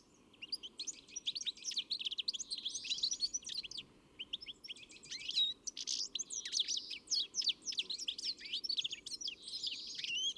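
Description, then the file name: European greenfinch calls: dense bursts of high twittering chirps, overlapping and continuous through most, with a brief pause near four seconds and a low steady background hum. "Chloris chloris"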